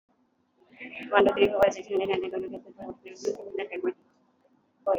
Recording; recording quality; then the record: counting at a fast pace; excellent, no background noise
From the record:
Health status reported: exposed to COVID-19, no respiratory illness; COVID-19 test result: negative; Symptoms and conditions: none ticked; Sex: female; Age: 45 years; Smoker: not ticked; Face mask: not worn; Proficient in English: yes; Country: India